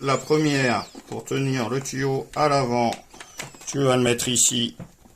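The first of three small plastic accessory pieces, the hose holder that keeps the hose at the front, is placed on the plastic body of a Dustgo carpet and upholstery shampooer while someone talks. There is only talk and faint handling noise, and the clip ends before it is pushed in, so nothing has clipped or seated yet.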